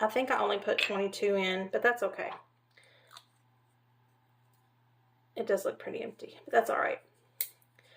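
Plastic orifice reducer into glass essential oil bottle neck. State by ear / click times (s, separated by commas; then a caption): seated / 7.4 s. A plastic orifice reducer (dropper insert) is pressed into the neck of a small glass essential oil bottle while someone talks. After a quiet stretch with faint handling sounds, a sharp click at 7.4 s marks the reducer seating in place, followed by two faint ticks.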